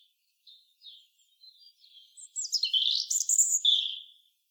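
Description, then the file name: European robin: quiet thin notes that grow into one loud, rippling phrase of high sliding tones, then fade out. "Erithacus rubecula"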